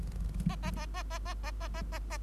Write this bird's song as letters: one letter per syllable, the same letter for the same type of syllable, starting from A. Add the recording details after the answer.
A A A A A A A A A A A. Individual Bird3